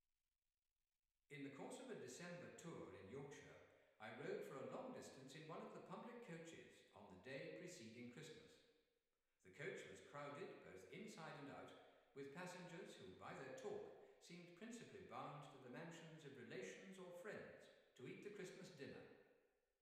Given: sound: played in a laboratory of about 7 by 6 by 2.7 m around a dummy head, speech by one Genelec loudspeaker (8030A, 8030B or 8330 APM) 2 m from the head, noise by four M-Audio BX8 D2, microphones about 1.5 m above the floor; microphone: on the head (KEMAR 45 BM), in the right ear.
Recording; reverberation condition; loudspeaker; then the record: male speech in English; high; 120 degrees to the right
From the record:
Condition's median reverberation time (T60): about 1300 ms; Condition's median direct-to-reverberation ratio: about -4.0 dB